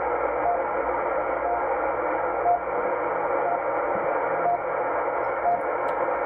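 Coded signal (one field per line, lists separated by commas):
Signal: radio time signal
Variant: RWM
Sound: steady shortwave hiss with six short faint beeps, one each second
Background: radio static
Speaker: back to the end fed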